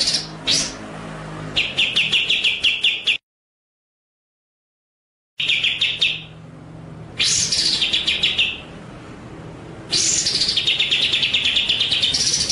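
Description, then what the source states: White-rumped shama song: rapid trains of sharp repeated notes with loud bright bursts, broken by a silent gap of about two seconds. Masteran (training) track of song, described as full ngerol nembak.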